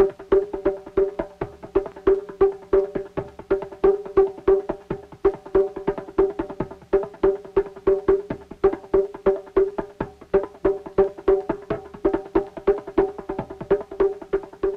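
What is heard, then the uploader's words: A group pounds rocks together and slams their feet on the ground as they dance, keeping a steady, fast rhythm of sharp knocks for the whole stretch. The hits land in regular repeating groups with a ringing clack, while heavier low thumps fall underneath. GROUP POUNDS ROCKS TOGETHER, SLAM FEET ON GROUND, AS THEY DANCE TO RHYTHM MADE BY THESE SOUNDS.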